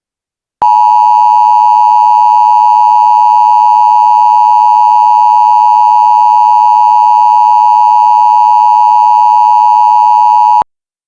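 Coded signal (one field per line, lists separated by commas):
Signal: Emergency Alert System (SAME) tones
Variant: 853 and 960 Hz attention tone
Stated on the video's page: Fictional EAS scenario.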